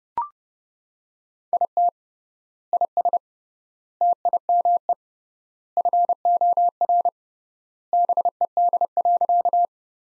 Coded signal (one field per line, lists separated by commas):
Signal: Morse code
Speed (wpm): 30 wpm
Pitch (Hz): 700 Hz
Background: none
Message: IT IS TIME FOR BED.